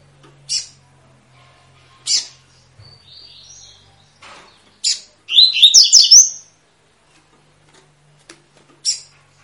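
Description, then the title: Double-collared seedeater song: a short warbled phrase of rapid buzzy chirps, set among single sharp high notes spaced a few seconds apart, with faint low hum beneath. Tui-tui song style, used as a tutor recording for teaching young birds to sing. "COLEIRO TUI TUI FIBRA CANTO PROFESSOR"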